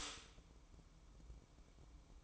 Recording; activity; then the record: daily activity, microphone in the room; stop toaster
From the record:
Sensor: 1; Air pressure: 1007.1 hPa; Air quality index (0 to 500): 74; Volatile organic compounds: 1 ppm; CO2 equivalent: 657 ppm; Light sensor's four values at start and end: 8/20/8/9 and 8/20/8/9